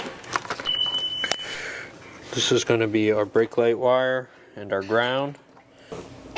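A brake light and ground wire connector is handled near its mating plastic plug on a camper harness, with a few short plastic clicks and taps early on and a sharp tap at about 1.3 seconds. Then someone talks. The clip ends before the connector goes in, so nothing has seated or clicked home yet.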